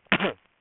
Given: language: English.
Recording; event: throat vibration sensor signal played as sound; cough